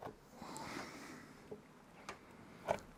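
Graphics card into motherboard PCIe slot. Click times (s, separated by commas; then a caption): 2.7 s. A graphics card is lowered into a motherboard PCIe slot with its retention clip open and pressed down until it seats. Faint scraping and a few light taps lead up to the clip's sharp click at 2.7 seconds, confirming the card is seated.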